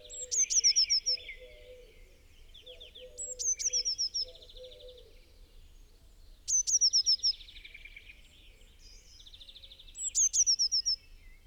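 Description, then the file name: Eurasian blue tit repeating a phrase four times, a few seconds apart: piercing high notes, then a fast run of short bright notes, with other birds' trills and low soft notes beneath. "Cyanistes caeruleus"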